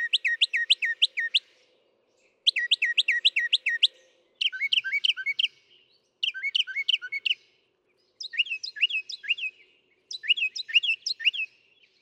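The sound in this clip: Northern mockingbird singing six phrases, each a fast run of repeated high notes, with the pattern changing after every second phrase.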